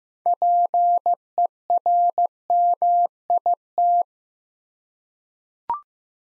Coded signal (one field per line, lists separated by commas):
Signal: Morse code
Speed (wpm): 15 wpm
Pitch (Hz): 700 Hz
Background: none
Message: PERMIT